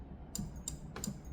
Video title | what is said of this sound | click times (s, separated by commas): LOKLik ImPress Auto 2 Unboxing and Playing | and it has to click in. Can you hear that? | 0.4 s, 0.7 s